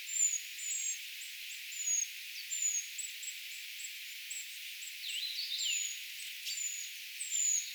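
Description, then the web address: Eurasian treecreeper calls: a series of high, thin, downslurred notes, with a lower chirping bird joining briefly in the second half. Brood of young calling, recorded 4 June 2025, identification tentative. "paivat 4 6 2025 tietaakseni puukiipijapesueen aantelya"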